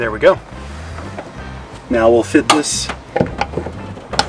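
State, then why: Not seated. A metal locking tie-down cleat is handled at a truck-bed rail mounting plate on a Ford F150 while someone talks, with a few sharp metallic knocks and taps near the end. The cleat has not yet slid up or snapped into the plate, and nothing has seated or clicked.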